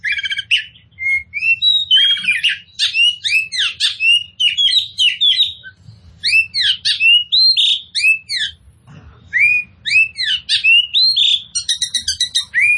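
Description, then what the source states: Oriental magpie-robin song, energetic sequence of arched whistled notes and scratchy trills, a brief quiet gap late on, low background hum. Kacer poci form, described as gacor, in full continuous song.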